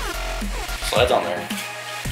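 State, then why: Not seated. A plastic suction mounting clip is slid onto an aquarium heater by hand while someone talks over background music. Nothing has seated or clicked yet; the clip is handled but not yet home.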